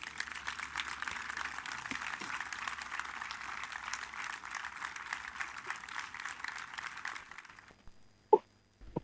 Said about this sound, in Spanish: Único aplauso en todo el discurso fue este, al final cuando habla del canciller turco.